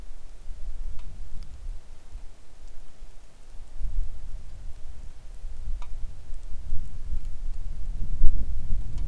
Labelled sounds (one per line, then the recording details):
wind
rain
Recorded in the Arctic National Wildlife Refuge, Alaska, on 3 August 2019 at 10:02
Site 41